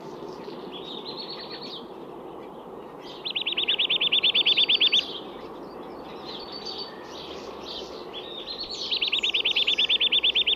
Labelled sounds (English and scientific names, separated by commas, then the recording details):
Eurasian Nuthatch (Sitta europaea) song
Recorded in the wild
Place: Oberstdorf, Bayern, DE
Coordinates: 47.41, 10.2797
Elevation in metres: 803
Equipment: Nagra IV, Sennheiser MKH 405, Parabolreflektor
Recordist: Tretzel, Erwin